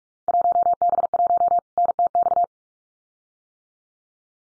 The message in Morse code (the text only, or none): 1B1 NTX